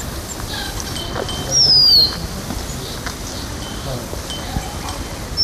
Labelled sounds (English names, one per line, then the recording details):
Small Minivet call
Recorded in the wild
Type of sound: call
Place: Delhi, IN
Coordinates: 28.6139, 77.209
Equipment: Halbspur, 9,5 cm/s
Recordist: Lütgens, Hans
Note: Süd-westlich von Delhi